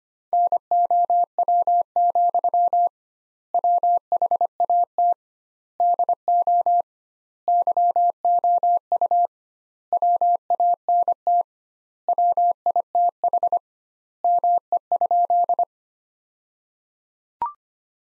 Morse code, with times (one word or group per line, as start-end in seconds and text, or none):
0.3-2.9 NOW,
3.5-5.1 WHAT
5.8-6.8 DO
7.5-9.3 YOU
9.9-11.4 WANT
12.1-13.6 WITH
14.2-15.6 ME?